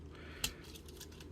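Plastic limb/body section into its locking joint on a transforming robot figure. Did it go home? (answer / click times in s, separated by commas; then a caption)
yes / 0.4 s. On a plastic robot action figure being transformed, a section is raised until it clicks into its locking joint. A single sharp click is heard at 0.4 s, followed by a few faint ticks, and the section is seated in position.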